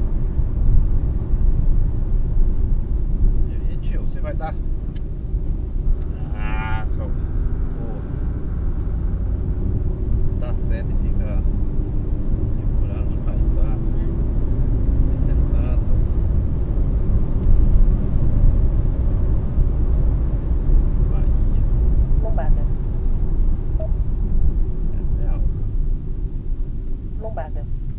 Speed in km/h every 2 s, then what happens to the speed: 88, 73, 61, 67, 75, 83, 92, 100, 104, 105, 99, 84, 57, 31.
0-3 brakes to 61. 5-19 speeds up to 105. 19-28 brakes to 31.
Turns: none.